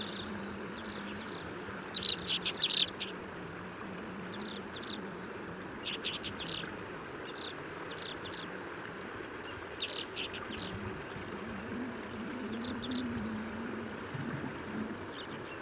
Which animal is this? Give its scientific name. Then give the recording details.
Prunella collaris. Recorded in the wild. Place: Sinaia, Plateau, Transilvania, RO. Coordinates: 45.331, 25.562. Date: 1976-05-26. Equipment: Nagra III BH, Sennheiser MD 21, parabola. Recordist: Schubert, Michael. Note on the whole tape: Alpenbraunelle: Gesang und Rufe b. Nahrungsaufnahme am Boden